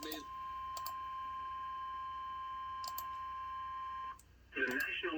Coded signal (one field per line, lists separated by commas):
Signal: Emergency Alert System (SAME) tones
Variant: 1050 Hz attention tone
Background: speech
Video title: (L.S. EAS #266-267) 2 Flash Flood Warnings in Florida